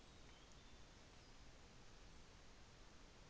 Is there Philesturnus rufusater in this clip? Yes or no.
no